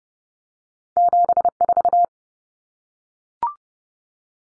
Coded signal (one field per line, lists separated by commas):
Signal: Morse code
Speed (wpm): 30 wpm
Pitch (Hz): 700 Hz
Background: none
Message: 74